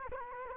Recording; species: mosquito wingbeat signal from an infrared sensor; Culex quinquefasciatus